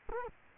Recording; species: mosquito wingbeat signal from an infrared sensor; Culex quinquefasciatus